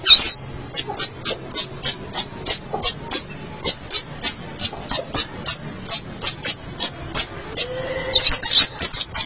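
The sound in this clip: Long-tailed shrike song: a long run of sharp high ticking notes, ending in a harsher flurry.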